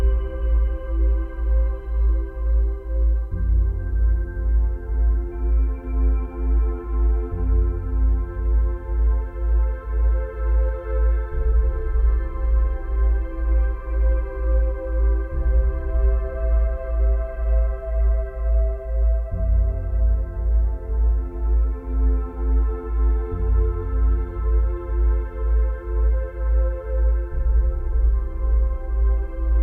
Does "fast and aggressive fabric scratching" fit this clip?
no